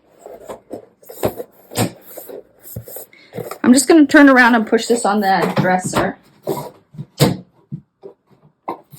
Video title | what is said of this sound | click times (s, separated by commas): New Diamond Painting Tower system from Amazon! | Don't know if you can hear that, but it clicked into place, so that's solid. | 8.7 s